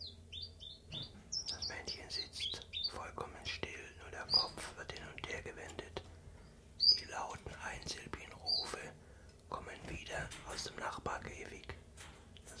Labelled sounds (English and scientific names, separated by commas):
Common Chiffchaff (Phylloscopus collybita)